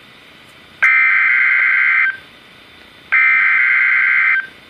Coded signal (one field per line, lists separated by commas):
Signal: Emergency Alert System (SAME) tones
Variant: header bursts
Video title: EAS #69 - Special Marine Warning